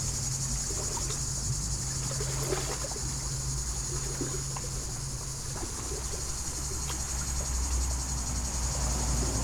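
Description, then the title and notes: Cicada chorus hissing steadily while water laps and splashes lightly and vehicles rumble in the background. Hot summer day beside Lac du Bourget, Brison-Saint-Innocent, France; cicadas very active in waterside poplars; water lapping on rocks, traffic on the D991; recorded during a bike stop. "9 Chem. de la Fontaine, 73100 Brison-Saint-Innocent, France - Les cigales. Au bord du lac du Bourget par une chaude journée d'été je suis en vélo, les cigales sont très actives aujourd'hui dans les peupliers du bord de l'eau. cymbalisation des cigales locales"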